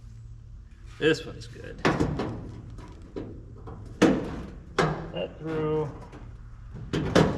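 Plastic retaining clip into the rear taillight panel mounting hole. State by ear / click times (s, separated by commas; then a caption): seated / 7.2 s. Someone talks while a plastic push-in retaining clip on a rear taillight trim panel is pressed into its mounting hole in the body. Sharp knocks are heard along the way, and the clip pops in and seats with a click at 7.2 seconds.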